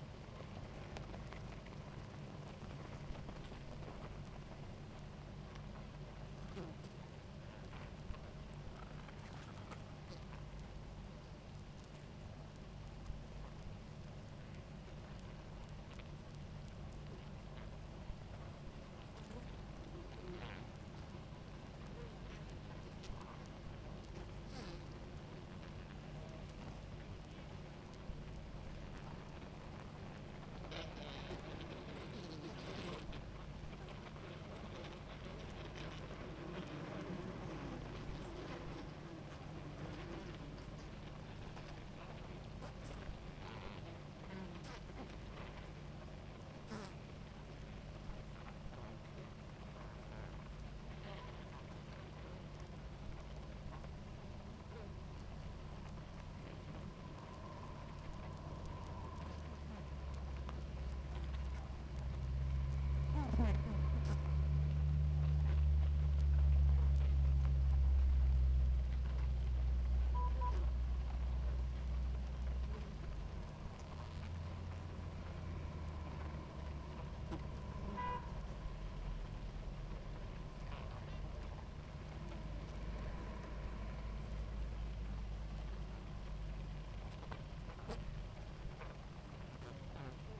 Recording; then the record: honeybee colony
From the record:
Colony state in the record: active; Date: 28 July 2017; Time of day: 18:15